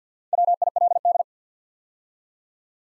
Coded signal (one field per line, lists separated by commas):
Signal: Morse code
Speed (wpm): 50 wpm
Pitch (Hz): 700 Hz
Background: none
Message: WILD